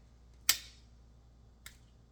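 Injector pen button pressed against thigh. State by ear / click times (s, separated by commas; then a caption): seated / 0.5 s. A single-dose Zepbound 5 mg auto-injector pen, unlocked by twisting and held against a thigh, gives a sharp click at 0.5 s when its button is pressed, marking the start of the injection. A much fainter tick follows at about 1.7 s, and otherwise the sound is quiet.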